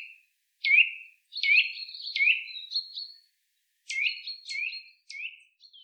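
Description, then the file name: Eurasian nuthatch calls: short descending notes in two bursts separated by a brief pause. "Sitta europaea"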